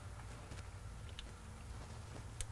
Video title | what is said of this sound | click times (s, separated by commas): FASS Fuel Pump System w/ Drawstraw Install: 2002 Dodge Cummins | that up and push till it clicks. | 2.4 s